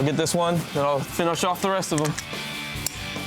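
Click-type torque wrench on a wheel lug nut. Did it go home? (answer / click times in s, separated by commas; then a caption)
yes / 2.9 s. Someone talks while a lug nut on a car wheel, with the car resting under its own weight, is tightened in a star pattern using a click-type torque wrench set to 65 ft-lbs. The wrench gives a single sharp click at 2.9 s, meaning the nut has reached the set torque.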